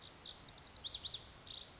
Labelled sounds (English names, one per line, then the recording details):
Lazuli Bunting
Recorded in Sonoma County, California